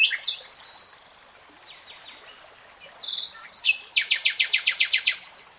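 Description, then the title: Nightingale song: varied chirps, then a quick run of several loud repeated notes, with a soft background hiss. Nightingale singing, recorded in real time. "[Tiếng chim hót] 3 Hours REALTIME Nightingale Singing"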